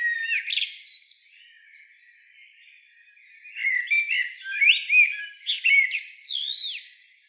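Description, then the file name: Common blackbird song with a brief warble and high squeak, a pause, then a longer run of mellow whistles and rising, looping high notes. "Turdus merula"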